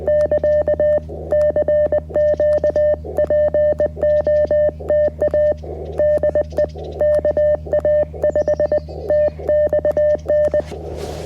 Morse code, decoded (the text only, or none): <KA> CQ POTA DE KA5TXN